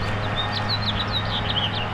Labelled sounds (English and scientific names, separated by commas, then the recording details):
House Finch (Haemorhous mexicanus) song
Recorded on Long Island, New York, on 21 April 2011
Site PW
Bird A